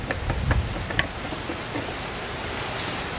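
A second NovSight LED fog light bulb is inserted and twisted into the other fog lamp housing until it locks. A few small ticks and scrapes come at the start, then a sharp click at 1.0 s marks the bulb seating, followed by steady broadband noise. The bulb is locked in place.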